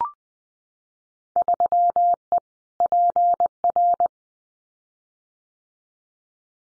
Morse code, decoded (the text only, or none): 3E PR